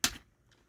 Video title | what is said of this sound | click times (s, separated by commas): Menasor - Transformers Legacy Action Figure Review | slide that down and you will hear this click | 0.0 s